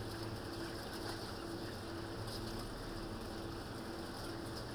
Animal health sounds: poultry house recording; healthy chickens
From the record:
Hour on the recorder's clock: 22

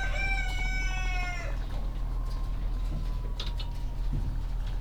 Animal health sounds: poultry house recording; sick chickens (respiratory disease)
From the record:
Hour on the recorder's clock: 17

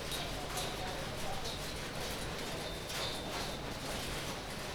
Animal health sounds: poultry house recording; healthy chickens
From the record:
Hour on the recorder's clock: 19

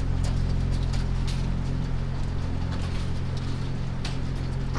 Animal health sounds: poultry house recording; sick chickens (respiratory disease)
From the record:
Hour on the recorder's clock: 3

